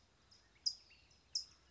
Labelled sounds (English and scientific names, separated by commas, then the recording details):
California Towhee (Melozone crissalis)
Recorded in Sonoma County, California